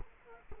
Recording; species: mosquito wingbeat signal from an infrared sensor; Culex quinquefasciatus